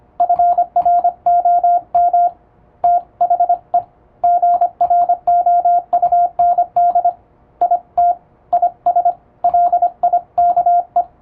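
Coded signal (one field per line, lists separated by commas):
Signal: Morse code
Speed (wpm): 25 wpm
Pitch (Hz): 700 Hz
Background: radio noise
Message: FROM THE GROUND IT IS LIKE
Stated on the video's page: English Morse sent at high speed with an electronic keyer by a first-class radiotelegraph operator for practice, using typing-test texts.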